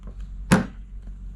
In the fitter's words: there's a second click two clicks and it's closed